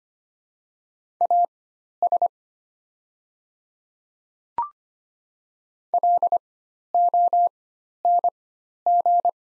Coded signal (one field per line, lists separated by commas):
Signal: Morse code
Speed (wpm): 25 wpm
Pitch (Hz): 700 Hz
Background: none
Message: AS LONG